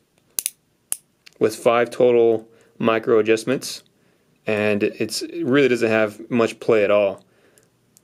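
The sliding micro-adjust extension of the steel bracelet clasp on a San Martin SN0121G wristwatch, pulled out to full extension, is pushed back in and clicks into place with two sharp metallic clicks at 0.4 s and 0.9 s. The clasp has five total micro adjustments. Someone then talks.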